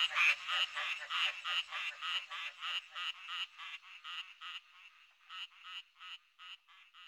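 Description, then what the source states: Frog croaks, a series of rasping pulses about three per second, fading toward the end. Frogs singing in early summer.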